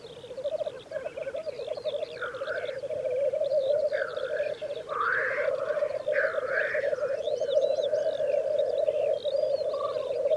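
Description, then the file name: Black grouse display: an unbroken low bubbling drone beneath repeated harsh hissing whooshes between two and seven seconds, plus thin high chirps from other birds. "orre"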